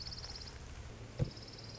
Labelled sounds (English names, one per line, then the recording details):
Orange-crowned Warbler
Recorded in Sonoma County, California